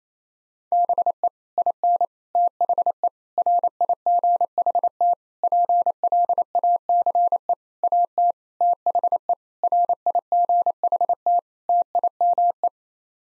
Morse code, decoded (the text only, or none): BE IN THE RIGHT PLACE AT THE RIGHT TIME